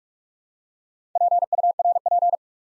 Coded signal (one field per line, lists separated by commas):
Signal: Morse code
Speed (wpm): 44 wpm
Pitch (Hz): 700 Hz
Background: none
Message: PURP